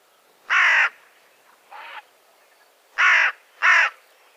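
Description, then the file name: Carrion crow giving harsh caws, three loud and one softer, with quiet gaps in between. "Corvus corone"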